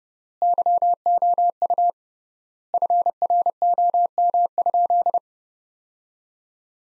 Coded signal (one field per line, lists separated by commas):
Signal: Morse code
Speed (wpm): 30 wpm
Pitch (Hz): 700 Hz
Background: none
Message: YOU FROM?